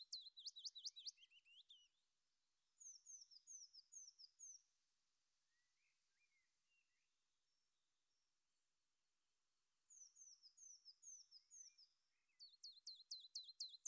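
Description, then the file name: Willow warbler song: bursts of quick, high notes alternate with runs of evenly spaced downslurred whistles, separated by quiet gaps with faint chirps. Mixed singer combining willow warbler and common chiffchaff song. "Mischs Fitis Zilpzalp"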